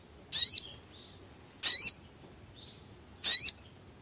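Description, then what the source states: Brown-throated sunbird giving three sharp, high, squeaky notes, spaced roughly every one and a half seconds, in an otherwise quiet background. Masteran bird-song training recording, Labaik song variant.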